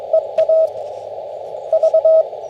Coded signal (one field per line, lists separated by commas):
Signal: Morse code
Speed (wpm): 21 wpm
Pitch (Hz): 650 Hz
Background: radio noise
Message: EA V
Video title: CW POTA Activation w/ G90 and Random Wire